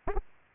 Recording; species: mosquito wingbeat signal from an infrared sensor; Aedes aegypti